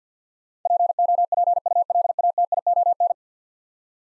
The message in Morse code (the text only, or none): POPULATION